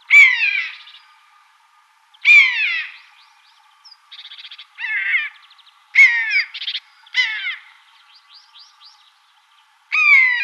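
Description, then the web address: Long-legged buzzard mewing, loud drawn-out calls that drop steeply in pitch, given every one to four seconds, with a faint buzzy trill from another bird between them. "Schulze Peter Long-legged Buzzard"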